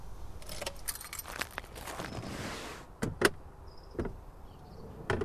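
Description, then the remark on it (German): Car keys jangle and clink in a bright metallic flurry, then a few sharper separate clicks follow at uneven intervals, with no one speaking. “Sieh mal, die Schlüssel stecken ja.”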